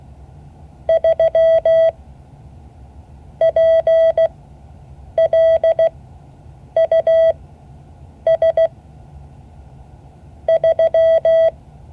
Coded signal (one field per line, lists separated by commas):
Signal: Morse code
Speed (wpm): 16 wpm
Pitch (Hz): 650 Hz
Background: none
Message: 3 PLUS 3